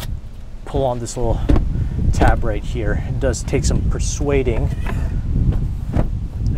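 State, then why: Seated. Someone talks while the folded third-row seatback of a 2022 Kia Carnival SX Prestige minivan is pulled up by its tab and lifted, taking some persuading, until it latches upright into the floor/seat frame. The metal seat latch engages with clicks at 6.0 s and 6.5 s, and the seat is locked in place.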